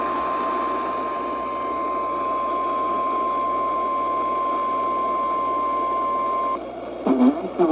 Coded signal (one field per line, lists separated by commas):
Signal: Emergency Alert System (SAME) tones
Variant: 1050 Hz attention tone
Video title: Some SLIGHTLY disappointing storms! EAS Alerts from December 25th - 26th [EAS #3,494 - #3,540]